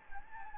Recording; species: mosquito wingbeat signal from an infrared sensor; Anopheles gambiae